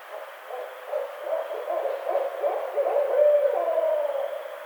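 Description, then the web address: Barred owl giving a rapid series of deep, wavering hoots that swell in loudness toward the middle and end with a drawn-out note. 23 April 2009. "Barred Owl 2009 04 23 Barred Owl 01"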